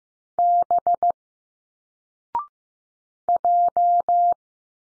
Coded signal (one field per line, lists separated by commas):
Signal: Morse code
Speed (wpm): 15 wpm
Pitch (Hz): 700 Hz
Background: none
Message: B J